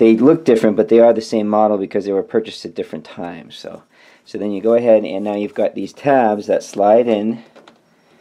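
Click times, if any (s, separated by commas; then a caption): none. Someone talks while handling a plastic access cover at an Acer Aspire E15-575-33BM laptop base during a 16GB RAM upgrade, sliding the cover's tabs in first before it is popped down. Speech fills most of the clip, with two faint ticks near the end. Nothing has seated or clicked yet; the cover is not yet home.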